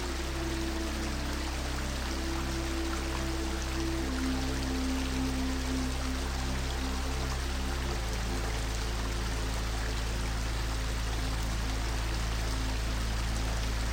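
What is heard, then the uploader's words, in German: A flowing river rushes steadily across the whole clip, dense and bright, with constant fine splashing. Beneath it, soft sustained low tones hold a gentle melody that shifts to a new chord near the eight-second mark. BERUHIGENDE MUSIK mit dem Geräusch einer FLUSS-Strömung. Hören Sie die natürlichen Wellen des Wassers, die sich mit sanften Melodien vermischen.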